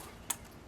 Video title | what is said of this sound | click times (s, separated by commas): 1995 Buick Lesabre 3.8L 3800 Intake Manifold Part 7: Finishing Up | These should snap right back on, and you'll hear them snap just like that, and pull them back and they shouldn't come off. | 0.3 s